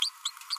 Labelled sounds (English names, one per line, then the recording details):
Green-rumped Parrotlet babbling
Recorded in a nest box in Venezuela
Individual 18B25A3